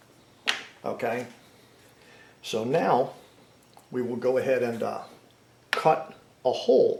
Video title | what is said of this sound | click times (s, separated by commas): Wen 5000 Extended Run Time Fuel Kit Installation Instructions by Pinellas Power Products | hose to snap in place on it. | 0.5 s